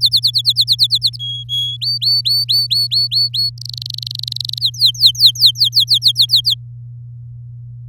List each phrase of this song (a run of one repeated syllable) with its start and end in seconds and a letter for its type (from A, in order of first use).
0.01-1.17 A, 1.19-1.77 B, 1.81-3.50 C, 3.58-4.58 D, 4.60-6.54 E